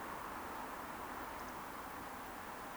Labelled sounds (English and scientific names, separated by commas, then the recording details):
Eurasian Woodcock (Scolopax rusticola) whistle
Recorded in Baden-Württemberg, Germany, on 30 May 2021 at 20:11 UTC
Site 43323, 910 m above sea level